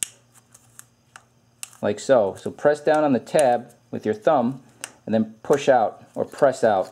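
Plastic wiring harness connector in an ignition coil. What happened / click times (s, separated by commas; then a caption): The connector's locking tab clicked open / 0.0 s. A thumb presses down the locking tab on a plastic wiring harness connector plugged into an ignition coil, and a sharp click at 0.0 s marks the tab releasing so the connector can be removed. A few faint ticks follow before someone talks from about 1.8 s to the end.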